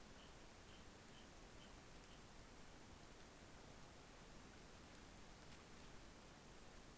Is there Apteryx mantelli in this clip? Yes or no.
no